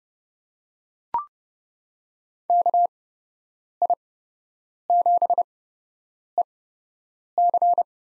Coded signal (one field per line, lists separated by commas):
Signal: Morse code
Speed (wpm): 32 wpm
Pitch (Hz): 700 Hz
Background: none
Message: KI7EC